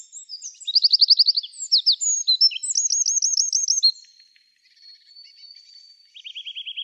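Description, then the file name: Eurasian wren song: rapid high-pitched trills and sharp chattering notes pour out for about four seconds, then a quieter stretch before another quick trill begins. "Troglodytes troglodytes"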